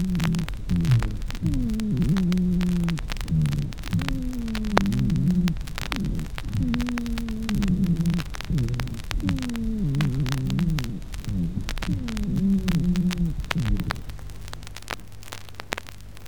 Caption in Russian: Высокие, свистящие сухие хрипы. Хрипы выслушиваются как при вдохе, так и при выдохе.